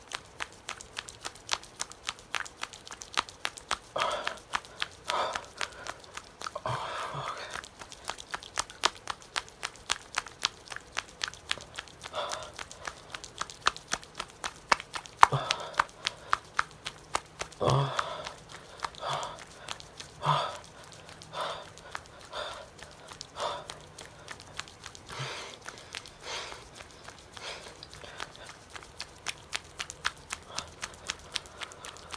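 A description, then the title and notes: A man breathes heavily, with drawn-out breaths and low moans surfacing every few seconds, strongest around the middle. Throughout, a dense run of sharp clicks and taps, like rustling or shuffling steps, keeps up at an uneven, quick pace. Male moaning | heavy breathing asmr.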